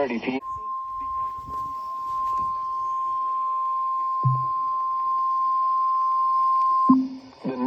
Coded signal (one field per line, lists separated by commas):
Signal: Emergency Alert System (SAME) tones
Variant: 1050 Hz attention tone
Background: speech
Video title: EAS Alerts From 11/4/24 (EAS #3473-3492)